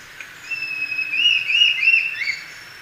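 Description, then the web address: Brown-billed scythebill whistling a quick run of clear, slightly wavering notes. Recorded in Ecuador. "Birds of Ecuador. Brown-billed Scythebill"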